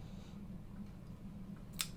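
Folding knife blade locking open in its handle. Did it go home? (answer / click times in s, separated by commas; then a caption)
yes / 1.8 s. An Artisan Cutlery Corsair carbon fiber and titanium flipper folding knife is flipped open, and its blade swings out and locks open in its handle. Over a steady low hum, a single sharp click at 1.8 seconds marks the blade seating into the lock.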